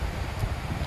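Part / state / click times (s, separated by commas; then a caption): action camera mount piece into its mount base / not seated / none. A detachable action-camera mount piece is handled as it is fitted toward its mount base on a bike setup, with only steady broadband noise and a low rumble and no distinct click. Nothing has seated or clicked yet.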